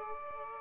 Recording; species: mosquito wingbeat signal from an infrared sensor; Aedes aegypti